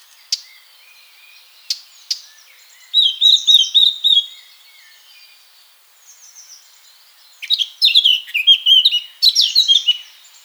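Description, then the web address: Eurasian blackcap song: a few sharp ticks, then two bursts of rapid warbling that run into loud, clear fluted notes, with a short pause between the phrases. "SETE Sylvia atricapilla"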